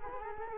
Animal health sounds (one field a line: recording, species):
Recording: mosquito wingbeat signal from an infrared sensor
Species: Culex quinquefasciatus